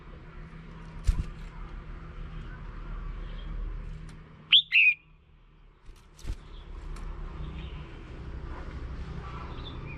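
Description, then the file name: Red-whiskered bulbul call: one brief, bright two-note phrase midway, over steady low rumbling background noise and a few faint knocks. Female bird. "Tieng chao mao mai"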